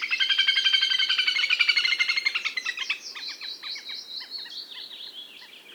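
Bird song opening with a loud dense rattling trill that slows into separate sharp chirps, repeated several times per second.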